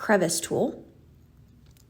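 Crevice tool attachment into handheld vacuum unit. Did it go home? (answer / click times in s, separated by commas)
yes / 1.8 s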